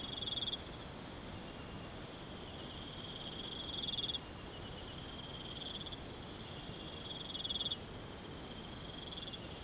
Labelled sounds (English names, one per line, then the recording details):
none
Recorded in pastures near Puerto Asís, Putumayo, Colombia, on 13 March 2025 at 03:00
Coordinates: 0.486, -76.323
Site G075